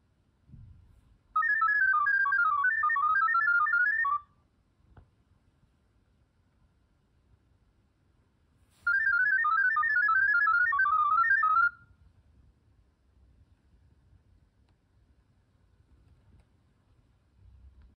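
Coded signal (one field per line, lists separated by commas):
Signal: data over sound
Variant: ggwave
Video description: The ESP32 microcontroller receives sound messages from the Andriod phone via the attached analog microphone module.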